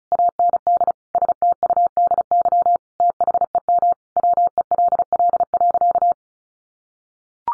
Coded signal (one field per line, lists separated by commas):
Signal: Morse code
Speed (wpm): 34 wpm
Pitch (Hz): 700 Hz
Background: none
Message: AND STUDY THEM WELL.